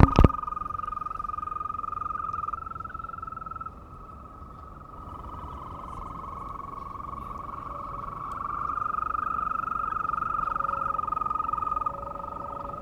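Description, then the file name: European green toad calling: long, steady, high trills held for several seconds, overlapping trills from more than one toad, with a brief click at the start. Recorded at Cytadela on 2 April 2017. "Ropucha zielona krótki Cytadela 02 04 2017"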